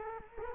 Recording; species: mosquito wingbeat signal from an infrared sensor; Culex quinquefasciatus